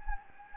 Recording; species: mosquito wingbeat signal from an infrared sensor; Anopheles gambiae